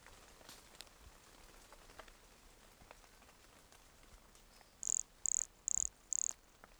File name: Brachycephalus sulfuratus Entroncamento Teba 20 cm from microphone LFR JAN-2020